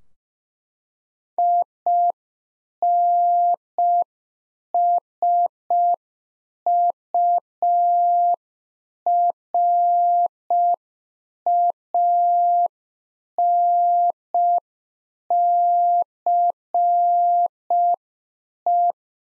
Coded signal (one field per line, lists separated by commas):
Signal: Morse code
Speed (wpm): 5 wpm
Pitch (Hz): 700 Hz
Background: none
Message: INSURANCE